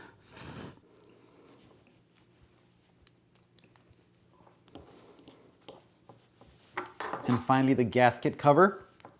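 A plastic gasket cover for a DIY power-cable plug is handled near the plug housing with a few light taps and rubbing sounds, and someone talks. Nothing has seated or clicked yet.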